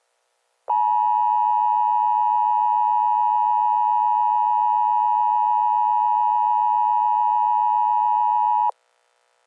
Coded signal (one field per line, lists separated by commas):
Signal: Emergency Alert System (SAME) tones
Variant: 853 and 960 Hz attention tone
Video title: EAS SCENARIO: Cujo 6/13/2025. **HAS VALID TONES**